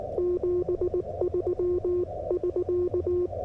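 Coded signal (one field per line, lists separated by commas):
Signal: Morse code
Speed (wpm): 18 wpm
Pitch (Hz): 360 Hz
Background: radio noise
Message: 73 <SK>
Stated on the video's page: 40m CW summit activation, Yaesu FTX-1F at 5W QRP, 13m long wire antenna, keyed with a GHD straight key.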